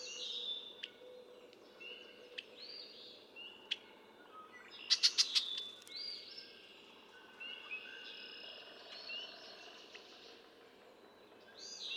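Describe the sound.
Red-winged blackbird song with a burst of clicking notes midway, among many whistled notes.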